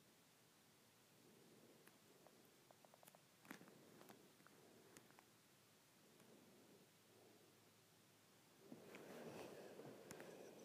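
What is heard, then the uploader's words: Fingers tap on an iPad screen, making short, light clicks that come irregularly through the first half, several within a few seconds. A soft hiss runs throughout, and near the end a louder rough, rustling sound swells up and lasts about two seconds. IPad Screen Tapping.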